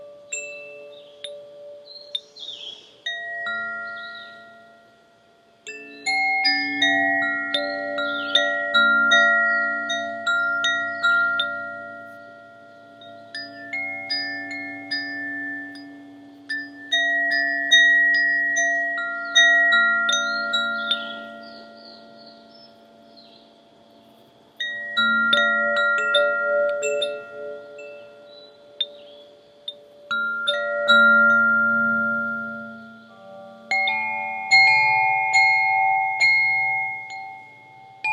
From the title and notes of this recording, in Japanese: 現在，由我徒手搖曳的風鈴是藍色能量，也稱為水元素的Aqua，由A、D、F、G、A、D、F、A調所組成。